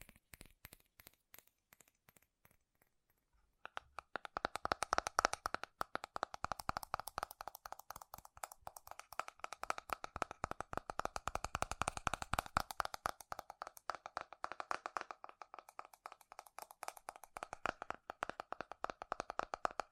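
Fast, furious tapping on metal, a dense run of sharp clicks. The first few seconds hold only sparse, scattered taps, then from about four seconds the strikes come rapid and nearly continuous, bright and ringing, with a steady metallic tone under them.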